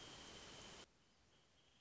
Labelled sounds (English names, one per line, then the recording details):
Wrentit
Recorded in Sonoma County, California